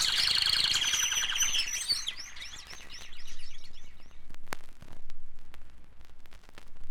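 Canary pouring out high, fast trills and slurred notes for a few seconds, then falling quiet while soft clicks and low rumbling noise continue.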